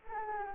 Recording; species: mosquito wingbeat signal from an infrared sensor; Anopheles arabiensis